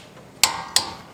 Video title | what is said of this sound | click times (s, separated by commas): How to Replace Front Brake Pads on Your Honda Civic | So we hear it click, just like that. | 0.4 s